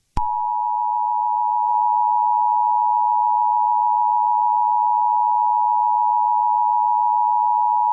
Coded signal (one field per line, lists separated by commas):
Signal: Emergency Alert System (SAME) tones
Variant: 853 and 960 Hz attention tone